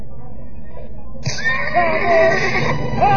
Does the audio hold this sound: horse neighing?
yes